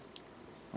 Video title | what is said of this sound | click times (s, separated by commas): *GundamCustom* 1/100 GM Command Black Ops - Part 11 | it here pushing it in until it snaps into place like | 0.2 s